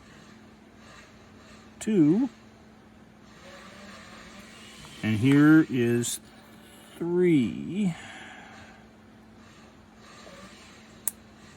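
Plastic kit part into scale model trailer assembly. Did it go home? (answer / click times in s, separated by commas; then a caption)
yes / 11.1 s. Someone talks while fitting the third small styrene kit part into a Hobby Boss M1070 SBSB scale-model trailer assembly. The part catches on the piece above, then gives a single sharp little snap at 11.1 s as it seats into place, with nothing broken.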